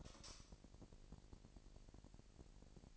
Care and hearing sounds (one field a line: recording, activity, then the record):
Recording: daily activity, microphone in the room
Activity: light off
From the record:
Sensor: 5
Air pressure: 1002.0 hPa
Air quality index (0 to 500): 247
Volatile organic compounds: 46 ppm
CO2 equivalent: 3239 ppm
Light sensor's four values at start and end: 17/40/16/18 and 16/38/16/17